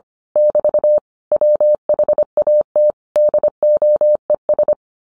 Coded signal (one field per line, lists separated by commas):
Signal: Morse code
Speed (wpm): 25 wpm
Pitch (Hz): 600 Hz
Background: none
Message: <BT> WHAT DOES